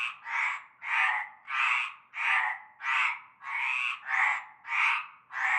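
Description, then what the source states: Frog chorus of harsh, rasping croaks pulsing steadily about one and a half times a second, loud and regular throughout. Chorus of frogs heard from nightfall in a large concrete basin holding stagnant greenish water, Avenue Cante Coucou, La Ciotat, Bouches-du-Rhône, France.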